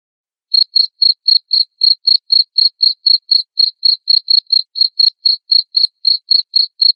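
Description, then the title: Cricket produces a continuous train of sharp high chirps, around four a second, beginning after a short silent moment. Loud cricket chirping played to make lovebirds sing continuously. "Suara JANGKRIK NGERIK Keras Bikin LOVEBIRD Jadi NGEKEK Terus Vubey"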